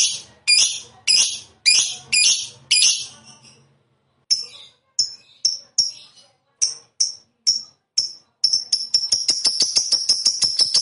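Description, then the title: Lovebird giving loud, shrill high chirps in a loose series, then a short pause, then more chirps that speed up into rapid continuous chatter. Lovebird of the fighter type, singing gacor (energetically). "Berkat SUARA Lovebird FIGHTER GACOR Ini"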